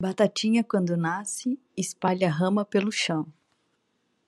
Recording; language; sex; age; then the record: short text; Brazilian Portuguese; female; 40 to 49 years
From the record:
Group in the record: control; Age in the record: 44 years